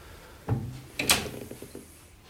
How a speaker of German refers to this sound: Na, jetzt kann man wenigstens mal die Tür aufmachen.